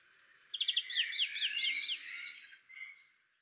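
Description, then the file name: European greenfinch giving a brief, dense twitter of quick downslurred notes that trails off into softer chatter. "Chloris chloris"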